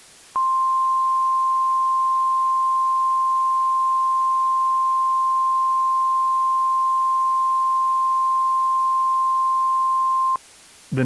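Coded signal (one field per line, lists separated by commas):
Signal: Emergency Alert System (SAME) tones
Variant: 1050 Hz attention tone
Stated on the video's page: Mock recreation of a severe thunderstorm warning, shown on a weather radio-style screen.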